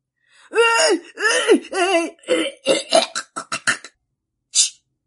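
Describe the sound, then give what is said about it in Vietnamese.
A violent coughing fit: a few loud, strained, gasping heaves give way to a rapid string of short harsh coughs, then a brief pause and one last breathy cough. “vốn đang đắc ý lập tức ho dữ dội.”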